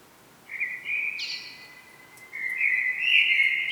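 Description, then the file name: Common blackbird delivering a flowing fluty phrase that breaks into a squeaky high flourish, then begins another rich warble. "Turdus merula"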